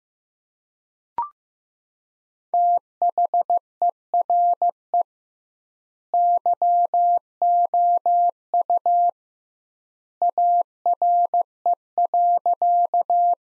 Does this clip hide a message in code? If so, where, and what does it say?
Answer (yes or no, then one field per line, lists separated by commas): yes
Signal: Morse code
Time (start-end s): 2.5-13.3 s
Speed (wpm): 16 wpm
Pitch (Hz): 700 Hz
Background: none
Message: THERE YOU ARE.